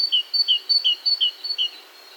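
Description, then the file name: Great tit song: five quick two-note phrases, a thin high note dropping to a lower one, repeated about three times a second. "Parus major"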